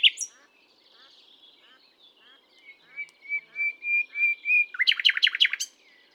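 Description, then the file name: Common nightingale song: soft ticking notes building to a series of sustained swelling whistles, ending in a fast loud rattle. "Luscinia megarhynchos"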